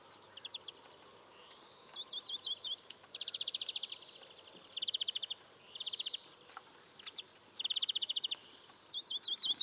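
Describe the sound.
European greenfinch song of varied trills: rattling runs, looping twitters and a soft rising nasal note, repeated in short bursts.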